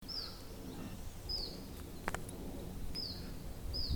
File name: iberischer zilpzalp